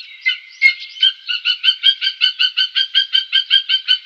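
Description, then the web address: Spotted eagle calling in a series of sharp yelps, uneven at first, then fast and even, loud throughout. "Schulze Peter Spotted Eagle"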